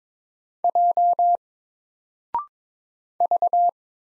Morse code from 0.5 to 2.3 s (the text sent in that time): J